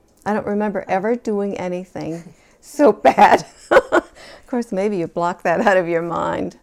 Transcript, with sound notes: I don't remember ever doing anything so bad. (she laughs) Of course, maybe you block that out of your mind.